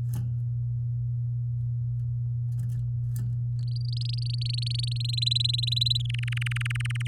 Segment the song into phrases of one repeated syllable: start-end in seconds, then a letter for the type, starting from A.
3.68-4.98 A, 5.00-6.02 B, 6.04-7.07 C